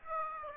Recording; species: mosquito wingbeat signal from an infrared sensor; Aedes aegypti